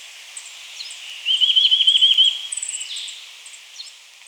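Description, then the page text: Chestnut-vented nuthatch singing one fast rattling trill lasting about a second, with faint high chirps scattered around it. "Chestnut-Vented Nuthatch Song. Quick Sounds"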